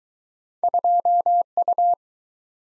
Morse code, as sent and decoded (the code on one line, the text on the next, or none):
..--- ..-
2U